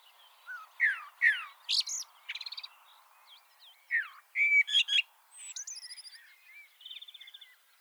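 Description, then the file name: Common blackbird song with short fluty notes mixed with scratchy, high twittering and rapid buzzy trills, the phrases coming in quick, irregular bursts. "Turdus merula"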